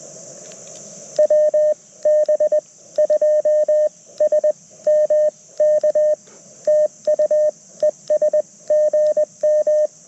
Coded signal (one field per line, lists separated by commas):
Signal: Morse code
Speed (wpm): 20 wpm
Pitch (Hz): 610 Hz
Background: radio noise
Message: WB2SMK TU ES GM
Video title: Field Ops Friday - CW POTA Activation 07/21/2023 @ K-3684